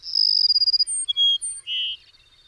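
Bird singing one phrase: a high sustained whistle breaking into quick pulses, then short piercing notes and a buzzy lower ending.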